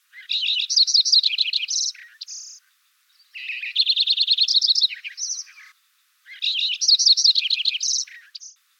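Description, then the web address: Lincoln's sparrow song: three bubbly, jumbled phrases of rapid gurgling trills and buzzy notes, each about two and a half seconds long, separated by short silences. "Thumbs Plus Zoo Field Guide Repository"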